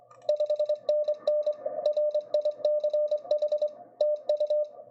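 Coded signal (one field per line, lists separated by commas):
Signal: Morse code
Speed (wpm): 26 wpm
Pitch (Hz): 590 Hz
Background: none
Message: 5NN RICH TU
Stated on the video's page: CW sent from Ham Radio Deluxe DM780 software through an inexpensive CW interface.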